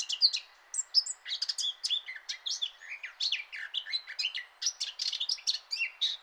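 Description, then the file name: Eurasian blackcap song, a steady stream of quick chattering and whistled notes, some loud bright ones early, with soft hiss underneath. "Sylvia atricapilla"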